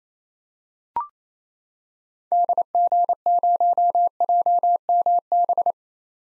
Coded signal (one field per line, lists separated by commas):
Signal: Morse code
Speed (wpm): 29 wpm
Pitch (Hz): 700 Hz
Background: none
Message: DG0JMB